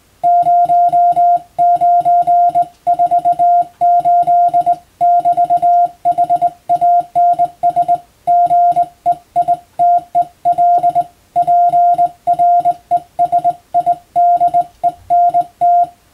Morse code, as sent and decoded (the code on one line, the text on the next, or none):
----- ----. ....- ---.. -...- .... .- -. ... / --. . .. - . .-.. / .--. .-. . ... .. -.. . -. -
0948<BT>HANS GEITEL PRESIDENT